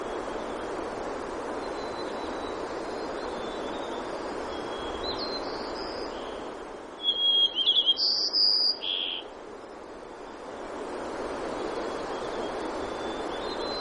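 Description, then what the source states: White-crowned sparrow song: one high phrase of about two seconds, clear whistled notes then buzzy trilled notes, over steady rushing background noise, with faint high notes before it. Recorded in Denali, Alaska, on 3 June 2012.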